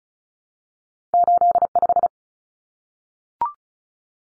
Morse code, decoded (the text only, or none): 85